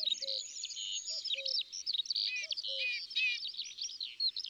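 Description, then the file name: Melodious warbler song, a lively tumbling flow of twittering and buzzy notes, over a soft low two-note whistle heard three times. Recorded in the countryside. "Hypolais polyglotte Chants doiseaux dans la campagne"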